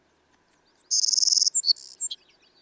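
Savannah sparrow song: three sharp introductory chips, then a long, high, sizzling buzz followed by a lower, rougher buzz and a brief final note.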